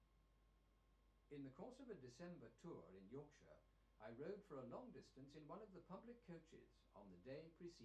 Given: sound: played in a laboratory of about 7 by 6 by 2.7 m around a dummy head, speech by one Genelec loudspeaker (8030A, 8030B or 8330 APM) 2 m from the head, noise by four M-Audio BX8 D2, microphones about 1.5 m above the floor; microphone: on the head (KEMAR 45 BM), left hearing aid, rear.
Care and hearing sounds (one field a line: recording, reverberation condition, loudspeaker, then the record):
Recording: male speech in English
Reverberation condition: low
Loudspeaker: 60 degrees to the right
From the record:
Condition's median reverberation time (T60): about 310 ms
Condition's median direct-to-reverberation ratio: about 3.5 dB